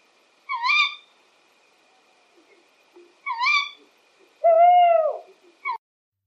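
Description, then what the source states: Tawny owl sounds: two shrill, rough wavering calls about three seconds apart, then a longer, lower call and a brief sharp note. Recorded in Bortziriak, Navarra, Spain; male's call is the typical horror-film hoot, female's call is much shriller.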